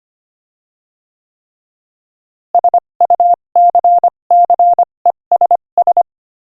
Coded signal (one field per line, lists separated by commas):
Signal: Morse code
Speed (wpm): 25 wpm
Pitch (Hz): 700 Hz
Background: none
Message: SUCCESS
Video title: Morse Code Practice: 25 wpm Inspirational Quote 4